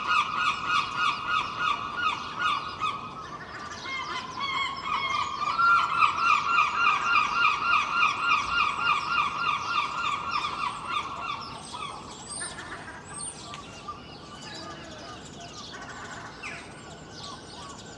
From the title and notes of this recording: Early morning recording I made in Filey last April (2023) from a second storey window using Clippy microphones and a Roland R-07. There are many other birds and the faint rumble of the sea in this recording too!